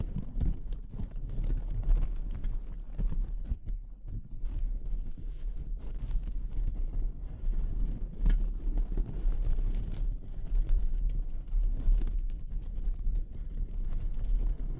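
A dense, rumbling texture sits mostly in the low end, with a steady deep hum underneath throughout. Irregular knocks and clattering thumps, a little like hooves or a rolling vehicle, keep up at an uneven pace, with occasional brighter clicks poking through.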